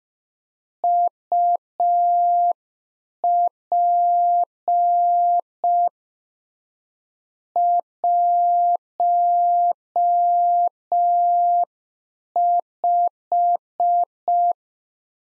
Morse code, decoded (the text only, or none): UP 15